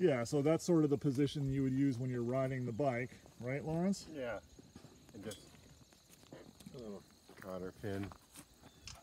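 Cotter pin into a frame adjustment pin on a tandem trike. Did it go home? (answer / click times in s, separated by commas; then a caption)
yes / 8.9 s. A small cotter pin is fitted into a pin on the metal frame of a tandem trike that holds the seat or panel mount position, while people talk. Quiet handling sounds follow, and a sharp click at 8.9 s marks the pin locking into place so the part doesn't move.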